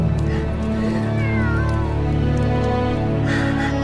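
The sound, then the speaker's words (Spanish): A cat, the queen's cat Merivast, meows in a long, drawn-out, wavering cry that edges toward a yowl, staying loud and steady for the whole stretch with no voices. “Aparece la gata de la reina.”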